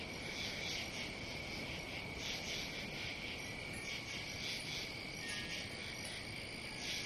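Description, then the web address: Cricket chorus, continuous shrill trilling overlaid with quick rhythmic chirp pulses, even and unbroken, with soft low background rumble. "сверчки"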